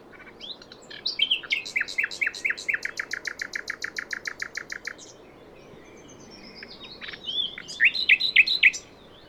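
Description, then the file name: Common nightingale song: a long, rapid series of evenly repeated sharp notes, then after a pause a varied phrase of high whistles and quick chirps. "Luscinia megarhynchos"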